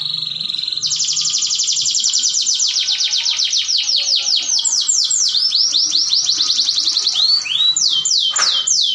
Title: Canto Para Esquentar Canário Belga. Pancingan Suara Kenari Kawin